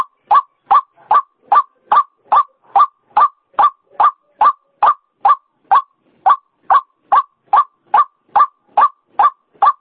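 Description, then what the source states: White-breasted waterhen delivering an unbroken run of harsh, rasping notes, evenly spaced at about two and a half per second throughout. Female call, used as a lure sound; local name ruak-ruak.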